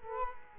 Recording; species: mosquito wingbeat signal from an infrared sensor; Culex quinquefasciatus